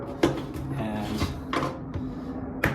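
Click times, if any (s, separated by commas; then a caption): 2.6 s. A small plastic windshield washer sprayer nozzle with a rubber seal, from a 2003 Subaru WRX, is pushed into its mounting hole on the car while someone talks. A sharp snap at 2.6 s marks the nozzle seating home.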